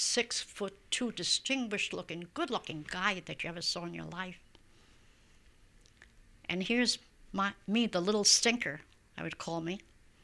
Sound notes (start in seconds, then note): none